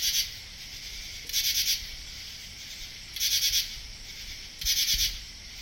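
Cricket chirping in short, high, pulsed bursts of about half a second, repeated several times, with quieter buzzing between.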